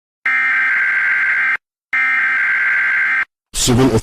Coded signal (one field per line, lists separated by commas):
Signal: Emergency Alert System (SAME) tones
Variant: header bursts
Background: speech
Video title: Emergency Broadcast System Fails - Science on the Web #109